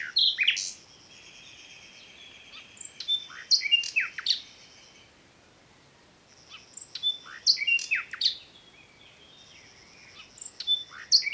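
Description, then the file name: Common nightingale song in spaced bursts of sharp, piercing whistles and clicks with long steady high tones, separated by quiet gaps. "Luscinia megarhynchos"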